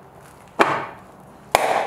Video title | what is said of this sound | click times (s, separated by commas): 09-14 Ford F150 Rear Bumper Replacement | pops right in now while you're underneath here | 1.5 s